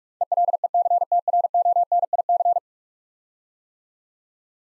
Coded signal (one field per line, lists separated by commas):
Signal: Morse code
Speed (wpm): 43 wpm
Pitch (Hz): 700 Hz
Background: none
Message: ELECTRONIC